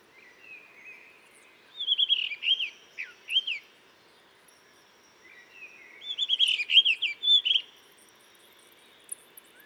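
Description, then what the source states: Blue rock thrush song: two fluty, warbled phrases of slurred whistles, the second richer and more jumbled, separated by a few seconds of quiet. In a cliff at Dentelles de Montmirail, 12 March 2020, 7:25; sings all morning to mark territory, changing perches; Nagra Seven, Telinga Pro7.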